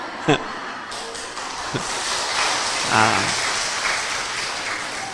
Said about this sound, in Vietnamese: Nghe có quà cái vỗ tay ầm ầm mà ha. Hay à.